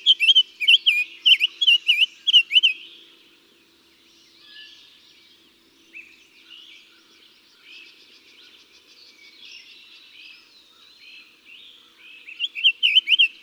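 Summer tanager song: a quick series of whistled, wavering phrases, then a lull of faint bird chatter, then the phrases resume.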